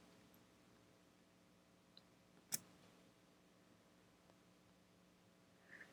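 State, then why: Not seated. A Kollage square interchangeable knitting needle tip is pushed onto its cable connector with a tweezer tool, its prongs separated, against a low steady hum. A faint tick comes at about 2.0 s and a sharper, louder tick at about 2.5 s, with soft handling noise near 5.8 s. The tip has not clicked into the cable.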